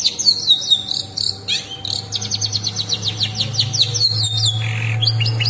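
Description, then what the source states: Long-tailed shrike song: a rapid, varied run of high chirps and quick whistled notes with changing phrases, over a constant low hum. Combination song (kombinasi).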